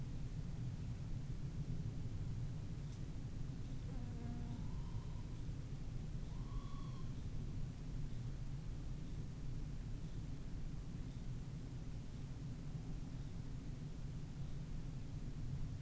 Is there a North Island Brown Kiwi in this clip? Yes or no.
no